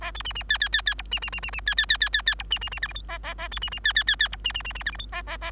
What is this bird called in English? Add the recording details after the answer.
Bengalese Finch. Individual Bird3